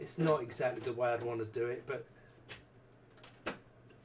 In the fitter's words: I don't know if you could hear that and it just clicks into place